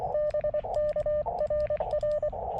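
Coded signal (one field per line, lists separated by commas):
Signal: Morse code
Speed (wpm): 22 wpm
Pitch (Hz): 600 Hz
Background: radio noise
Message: BK RR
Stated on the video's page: CW POTA park activation with a KX2 and a WRC Silver Bullet antenna.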